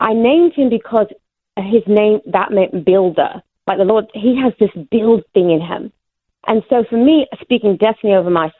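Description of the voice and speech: An adult woman with foreign accent syndrome, a speech impediment caused by neurological trauma, speaks fluently in a sing-song melody that sounds British, with glottal catches in place of some t sounds and drawn-out vowels. The current accent has lasted about three years, following earlier Irish and then Australian accents. She can no longer say the R at the end of a name.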